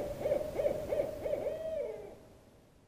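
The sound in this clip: An owl gives four or five rapid, bouncing hoots, then one longer sliding note that fades away into quiet.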